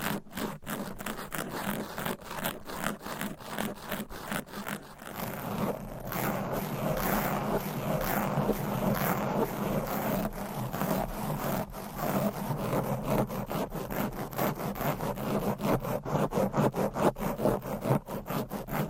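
Fast, aggressive scratching on microphone covers with nails, a dense run of rough scraping strokes that never lets up. The first five seconds are choppier, with quick separate scratches, then the texture thickens into a continuous, gritty rasp with a low rumble underneath.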